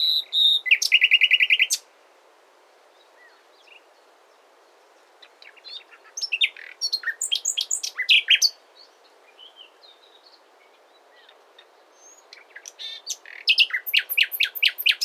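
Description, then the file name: Common nightingale song: a loud rapid trill opens, then silence, then a jumble of varied sharp notes and trills, silence again, and another burst of rich phrases. "Luscinia megarhynchos"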